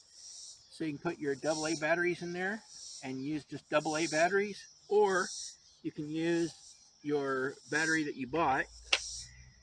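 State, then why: Seated. A rechargeable battery pack is laid into the battery compartment of a battery-powered light and slid into place while someone talks. A single sharp plastic click is heard at 8.9 seconds as the pack seats in the light.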